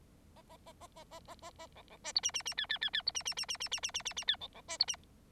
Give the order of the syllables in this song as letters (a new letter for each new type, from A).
A A A A A A A A A B B C D E E E F F F F D E E E E E E E E E E F B B C D E